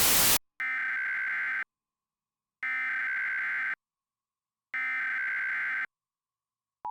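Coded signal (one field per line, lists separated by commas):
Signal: Emergency Alert System (SAME) tones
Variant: header bursts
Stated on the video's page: Simulated alert in a fictional scenario based on the film "Us", imagining a clone takeover.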